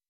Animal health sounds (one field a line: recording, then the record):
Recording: hydrophone in a shrimp aquaculture tank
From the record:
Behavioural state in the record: weakened